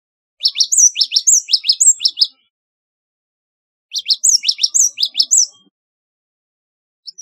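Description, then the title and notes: Java sparrow song: two runs of bright, high chipping notes, about two seconds each, separated by a quiet gap. "Kicau Burung Gelatik"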